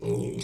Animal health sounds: pig call; weaner (32 to 43 days)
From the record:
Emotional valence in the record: negative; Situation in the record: novel object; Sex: female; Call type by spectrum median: low-frequency call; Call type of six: high-frequency modulated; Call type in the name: high-frequency modulated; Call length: 0.44 s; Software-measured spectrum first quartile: 248 Hz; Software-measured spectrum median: 435 Hz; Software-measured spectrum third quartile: 1949 Hz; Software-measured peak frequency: 405 Hz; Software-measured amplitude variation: 108 dB a second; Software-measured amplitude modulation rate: 22.8 a second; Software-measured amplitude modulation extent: 4.8 dB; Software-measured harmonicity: 2.5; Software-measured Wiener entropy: -4.30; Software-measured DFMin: 1460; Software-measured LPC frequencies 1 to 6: 393, 2327, 3778, 4790, 5819, 7702 Hz

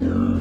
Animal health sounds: pig call; growing-finishing pig (85 days or more)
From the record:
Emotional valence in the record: negative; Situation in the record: barren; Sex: male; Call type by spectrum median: low-frequency call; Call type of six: low-frequency modulated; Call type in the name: low-frequency modulated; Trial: 2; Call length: 0.41 s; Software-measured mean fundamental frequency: 48 Hz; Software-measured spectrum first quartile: 151 Hz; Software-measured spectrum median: 237 Hz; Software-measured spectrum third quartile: 328 Hz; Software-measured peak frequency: 252 Hz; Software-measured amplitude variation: 206 dB a second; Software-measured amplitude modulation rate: 40.5 a second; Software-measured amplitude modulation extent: 5.1 dB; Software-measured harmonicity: 1.1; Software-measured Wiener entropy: -1.14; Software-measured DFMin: 825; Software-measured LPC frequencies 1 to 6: 283, 1302, 2719, 3382, 4291, 5774 Hz

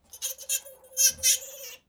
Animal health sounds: pig call; piglet (1 to 25 days)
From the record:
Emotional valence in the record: negative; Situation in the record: restrain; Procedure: back test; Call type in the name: high-frequency call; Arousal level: maximum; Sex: female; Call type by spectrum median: high-frequency call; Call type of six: high-frequency stable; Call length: 1.88 s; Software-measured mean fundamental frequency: 317 Hz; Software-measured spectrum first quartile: 5701 Hz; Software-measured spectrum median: 6892 Hz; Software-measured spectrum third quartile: 10064 Hz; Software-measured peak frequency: 6429 Hz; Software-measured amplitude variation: 248 dB a second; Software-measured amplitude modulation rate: 13.8 a second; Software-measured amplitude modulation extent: 18.0 dB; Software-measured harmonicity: 7.6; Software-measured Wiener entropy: -2.42

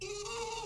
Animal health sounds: pig call; weaner (32 to 43 days)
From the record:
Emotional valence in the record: negative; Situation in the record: short isolation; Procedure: open field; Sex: female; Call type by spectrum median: low-frequency call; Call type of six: high-frequency stable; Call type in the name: high-frequency stable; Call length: 0.65 s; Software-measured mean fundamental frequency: 440 Hz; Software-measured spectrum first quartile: 586 Hz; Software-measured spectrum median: 1732 Hz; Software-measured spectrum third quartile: 4617 Hz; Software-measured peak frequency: 432 Hz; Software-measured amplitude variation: 96 dB a second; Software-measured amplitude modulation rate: 21.4 a second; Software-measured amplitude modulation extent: 4.5 dB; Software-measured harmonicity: 6.5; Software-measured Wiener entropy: -2.31

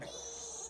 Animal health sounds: pig call; piglet (1 to 25 days)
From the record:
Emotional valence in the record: negative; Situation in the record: castration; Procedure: castration, fixation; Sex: male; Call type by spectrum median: high-frequency call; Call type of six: high-frequency stable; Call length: 0.70 s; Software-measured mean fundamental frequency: 382 Hz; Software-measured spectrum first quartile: 1264 Hz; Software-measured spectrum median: 5157 Hz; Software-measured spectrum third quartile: 7393 Hz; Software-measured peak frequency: 5917 Hz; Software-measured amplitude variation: 76 dB a second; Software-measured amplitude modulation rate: 25.9 a second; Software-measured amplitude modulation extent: 3.0 dB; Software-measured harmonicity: 4.8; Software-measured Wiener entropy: -2.29

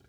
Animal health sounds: pig call; piglet (1 to 25 days)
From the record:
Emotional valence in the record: positive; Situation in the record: reunion after long isolation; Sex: male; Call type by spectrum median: low-frequency call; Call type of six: low-frequency tonal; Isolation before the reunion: 8 minutes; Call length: 0.09 s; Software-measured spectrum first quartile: 175 Hz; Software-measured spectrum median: 534 Hz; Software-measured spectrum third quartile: 2681 Hz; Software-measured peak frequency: 106 Hz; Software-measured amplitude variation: 117 dB a second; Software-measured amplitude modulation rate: 16.1 a second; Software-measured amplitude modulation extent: 7.3 dB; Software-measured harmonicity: 3.1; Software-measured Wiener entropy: -2.25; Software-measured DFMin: 974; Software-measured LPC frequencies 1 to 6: 388, 1475, 2220, 3145, 3927, 4641 Hz

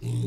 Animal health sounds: pig call; weaner (32 to 43 days)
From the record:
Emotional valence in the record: negative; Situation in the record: short isolation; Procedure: open field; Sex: female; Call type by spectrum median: low-frequency call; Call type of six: low-frequency stable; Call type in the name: low-frequency stable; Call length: 0.26 s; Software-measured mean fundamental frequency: 59 Hz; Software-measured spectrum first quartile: 118 Hz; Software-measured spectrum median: 169 Hz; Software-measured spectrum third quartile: 549 Hz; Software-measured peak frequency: 117 Hz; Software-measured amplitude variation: 71 dB a second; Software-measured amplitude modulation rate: 30.7 a second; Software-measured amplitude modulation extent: 2.3 dB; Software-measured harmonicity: 17.9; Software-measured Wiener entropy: -1.01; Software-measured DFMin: 1591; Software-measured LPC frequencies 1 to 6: 2639, 3682, 5455, 6343, 7421, 8550 Hz

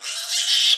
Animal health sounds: pig call; piglet (1 to 25 days)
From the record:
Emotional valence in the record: negative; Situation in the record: restrain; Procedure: in the arms of a person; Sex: male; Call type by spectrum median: high-frequency call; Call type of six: high-frequency stable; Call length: 0.77 s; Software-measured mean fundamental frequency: 291 Hz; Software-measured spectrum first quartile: 3283 Hz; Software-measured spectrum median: 3980 Hz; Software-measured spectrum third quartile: 5604 Hz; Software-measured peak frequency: 3285 Hz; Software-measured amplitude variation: 114 dB a second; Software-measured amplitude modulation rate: 16.2 a second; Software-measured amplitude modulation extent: 7.1 dB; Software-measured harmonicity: 0.9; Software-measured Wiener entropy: -2.09

